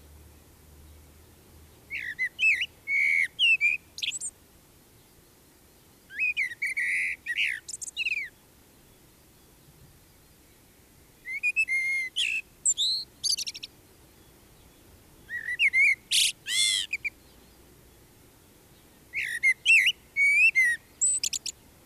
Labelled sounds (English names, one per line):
Common Blackbird song